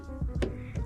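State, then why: Stripped. A corroded bolt in a Jeep's body or door hardware is being removed during teardown; it looks badly rusted and in need of penetrating oil. Low rumbling and scraping lead to one sharp hit at 0.4 seconds as the tool slips, and the bolt strips.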